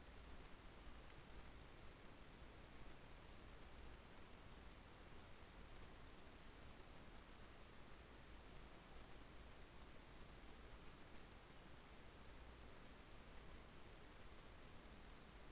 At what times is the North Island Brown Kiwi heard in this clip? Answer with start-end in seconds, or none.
none